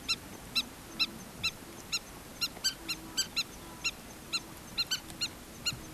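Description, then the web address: Southern lapwing giving many sharp, harsh single notes at irregular intervals, some in close pairs. "earth naturelibrary assets s so southern lapwing"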